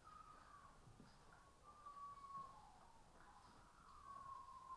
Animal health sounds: poultry house recording; healthy chickens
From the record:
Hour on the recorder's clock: 15

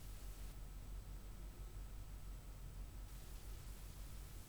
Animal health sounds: poultry house recording; no chicken sound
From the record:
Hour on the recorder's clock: 3

